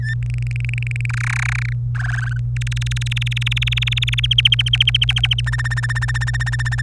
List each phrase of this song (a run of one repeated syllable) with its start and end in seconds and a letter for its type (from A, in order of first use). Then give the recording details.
0.00-0.14 A, 0.23-1.06 B, 1.09-1.73 C, 1.95-2.37 D, 2.56-4.26 E, 4.31-5.41 F, 5.46-6.82 G. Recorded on 25 April 2018 at 14:10. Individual llb3